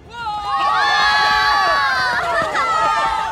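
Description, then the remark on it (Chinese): The Shrek Academy crowd bursts into loud, sustained cheering as they rush onto the competition stage as if welcoming a hero, many high excited voices shouting and whooping together over the whole few seconds, rising quickly and staying at full volume. “史莱克学院众人一阵欢呼，像迎接英雄一般冲上了比赛台，将胖子那球状身体抛入空中。”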